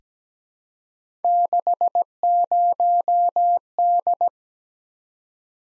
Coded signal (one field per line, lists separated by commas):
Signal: Morse code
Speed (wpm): 17 wpm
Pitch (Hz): 700 Hz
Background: none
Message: 60D